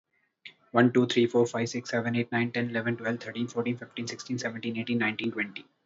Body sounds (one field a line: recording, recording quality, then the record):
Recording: counting at a fast pace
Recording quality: excellent, no background noise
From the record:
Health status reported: healthy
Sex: male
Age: 26 years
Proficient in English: yes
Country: India